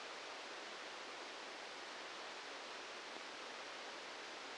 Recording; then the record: brain microelectrode recording played as sound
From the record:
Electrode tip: outside the subthalamic nucleus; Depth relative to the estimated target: -6 mm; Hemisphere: right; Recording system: NeuroSet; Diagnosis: Parkinson's disease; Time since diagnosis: 13 years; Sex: male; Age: 63 years